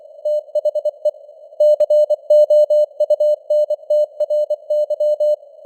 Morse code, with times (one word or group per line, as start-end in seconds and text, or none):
0.3-1.1 THE
1.6-5.3 COUNTRY